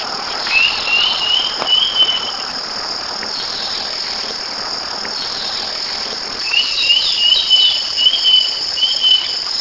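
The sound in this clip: Bird calling in short trilled, wavering phrases, two bursts several seconds apart, over a constant high insect-like hum and steady background hiss.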